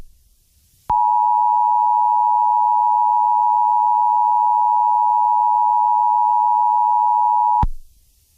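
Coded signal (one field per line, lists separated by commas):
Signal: Emergency Alert System (SAME) tones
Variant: 853 and 960 Hz attention tone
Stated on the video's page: Simulated mock EAS alert, not a real broadcast.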